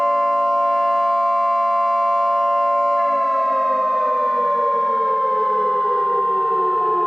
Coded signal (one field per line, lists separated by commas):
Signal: Emergency Alert System (SAME) tones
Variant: 1050 Hz attention tone